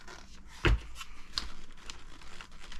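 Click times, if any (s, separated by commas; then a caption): none. A plastic part is pushed onto the replacement chassis of a Traxxas Stampede 4x4 RC truck, giving one loud plastic knock followed by a few fainter taps and light rubbing. The part is not lined up, so nothing clicks or seats into place.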